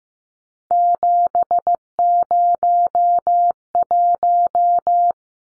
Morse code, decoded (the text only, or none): 701